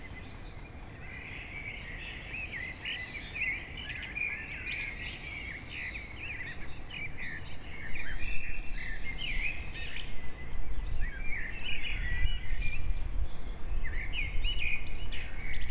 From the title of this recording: Birds in the Morning